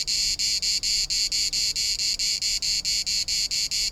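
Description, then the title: Cicada orni song: a loud, dry buzz pulsed in rapid, regular bursts, steady throughout. Sings from trees and shrubs; the song can repeat up to six times per second. "Cigala, cicada orni"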